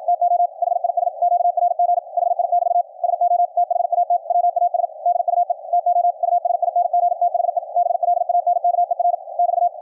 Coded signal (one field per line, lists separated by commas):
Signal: Morse code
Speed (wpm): 55 wpm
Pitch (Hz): 700 Hz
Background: radio noise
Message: TO HIS QRG HI<BT> SO THAT WAS DUE TO USING THE BLANKER <BT>